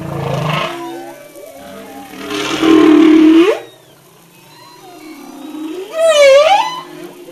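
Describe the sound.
Humpback whale song with a low moan, a loud raspy unit ending in an upsweep, soft wavering tones, then a bright harmonic whoop that dips and rises.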